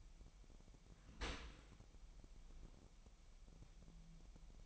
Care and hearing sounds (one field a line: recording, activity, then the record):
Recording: daily activity, microphone in the room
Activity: open dishwasher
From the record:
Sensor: 1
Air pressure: 998.3 hPa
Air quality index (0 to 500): 139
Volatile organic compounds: 4 ppm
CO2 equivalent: 1669 ppm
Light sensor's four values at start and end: 16/55/22/22 and 16/54/22/22